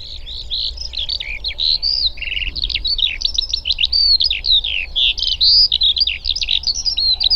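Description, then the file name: Eurasian skylark pouring out a continuous, bubbly song of high whistles and quick buzzy notes. "alauda arvensis"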